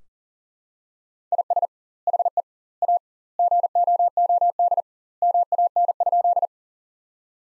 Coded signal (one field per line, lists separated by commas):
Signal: Morse code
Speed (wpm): 40 wpm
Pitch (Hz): 700 Hz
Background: none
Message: IS HE A GOOD MAN?